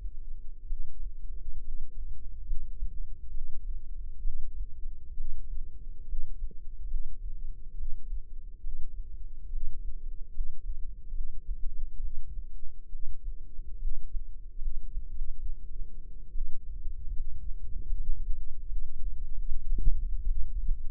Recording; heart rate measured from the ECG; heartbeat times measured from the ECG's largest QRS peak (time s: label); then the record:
heart sounds by microphone in the left ear; 70 bpm
0.66 s: heartbeat
1.61 s: heartbeat
2.43 s: heartbeat
3.30 s: heartbeat
4.21 s: heartbeat
5.14 s: heartbeat
6.05 s: heartbeat
6.87 s: heartbeat
7.74 s: heartbeat
8.60 s: heartbeat
9.49 s: heartbeat
10.31 s: heartbeat
11.11 s: heartbeat
11.99 s: heartbeat
12.88 s: heartbeat
13.78 s: heartbeat
14.58 s: heartbeat
15.10 s: heartbeat
16.31 s: heartbeat
17.12 s: heartbeat
17.92 s: heartbeat
18.66 s: heartbeat
19.42 s: heartbeat
20.24 s: heartbeat
From the record:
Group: healthy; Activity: rest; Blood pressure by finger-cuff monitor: 138/82 mmHg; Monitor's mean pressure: 99 mmHg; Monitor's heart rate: 69 bpm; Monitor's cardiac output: 6.2 L/min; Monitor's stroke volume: 89 mL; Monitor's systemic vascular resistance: 1180 dyn s/cm5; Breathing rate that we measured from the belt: 15 breaths a minute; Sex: female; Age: 22 years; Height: 171 cm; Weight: 65.6 kg